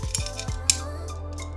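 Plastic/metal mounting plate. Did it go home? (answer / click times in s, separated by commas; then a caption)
no / none. An extra quick-release mounting plate is handled and pushed toward the camera clamp of a FeiyuTech AK4500 gimbal, making a few light knocks and bumps, then one sharp bright tick near 0.7 s over a steady low hum. Nothing has seated or clicked into place yet; the plate is not yet home.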